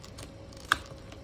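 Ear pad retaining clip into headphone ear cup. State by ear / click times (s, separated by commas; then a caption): seated / 0.7 s. A replacement headphone ear pad's plastic clip ring is pressed into the ear cup, giving one sharp, bright snap at 0.7 s over a quiet background with a few faint ticks. This is the second click, and the clip seats.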